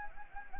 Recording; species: mosquito wingbeat signal from an infrared sensor; Anopheles gambiae